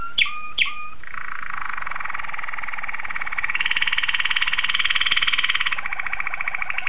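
Domestic canary singing two sharp swept notes, then a long dense buzzy roll that rises in pitch and pulses rapidly before softening.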